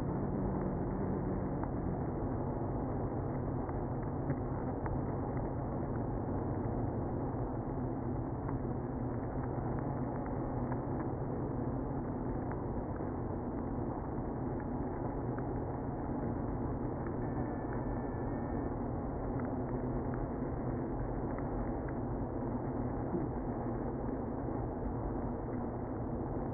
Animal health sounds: honeybee colony, microphone inside the hive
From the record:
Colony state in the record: queenless (queen removed); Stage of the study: after two queens were removed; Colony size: about 60,000 bees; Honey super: yes

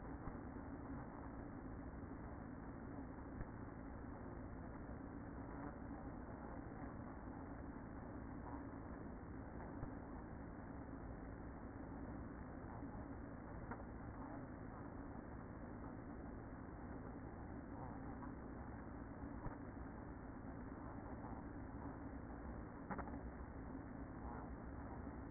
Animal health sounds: honeybee colony, microphone inside the hive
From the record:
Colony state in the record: queen present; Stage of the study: after two queens were removed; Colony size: about 60,000 bees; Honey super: yes

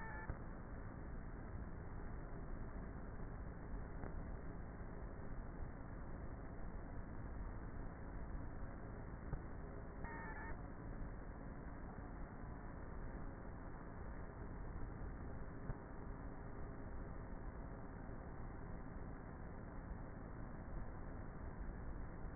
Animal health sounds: honeybee colony, microphone inside the hive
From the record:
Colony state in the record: queenless with a low population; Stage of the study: before two queens were removed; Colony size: about 30,000 bees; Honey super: no

